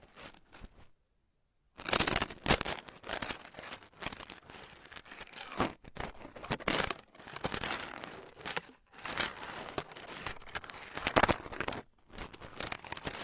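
Hair being picked and combed makes dense, scratchy crackling strokes that come in irregular bursts. A near-silent gap falls around the first two seconds, then rough, bright rasping runs almost continuously with brief pauses near 9 and 12 seconds.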